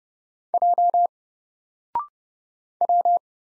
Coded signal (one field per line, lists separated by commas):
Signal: Morse code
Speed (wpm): 30 wpm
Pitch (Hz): 700 Hz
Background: none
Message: J W